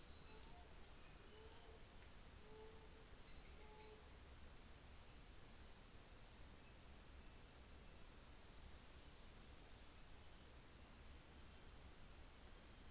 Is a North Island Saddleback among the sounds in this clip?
no